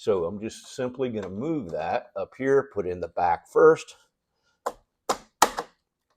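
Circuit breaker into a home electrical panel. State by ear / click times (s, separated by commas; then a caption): seated / 5.4 s. A double-pole Square D circuit breaker is moved to a new position in a home electrical panel, with its rear hooked in first and its nose then pressed onto the bus bar. Someone talks, then a few short knocks lead to a sharp snap at 5.4 s as the breaker seats in place.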